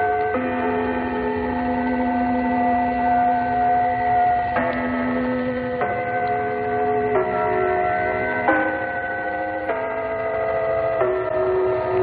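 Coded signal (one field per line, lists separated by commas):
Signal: numbers station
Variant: Gong Station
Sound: long ringing gong-like tones, then new chimes every second or so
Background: radio hiss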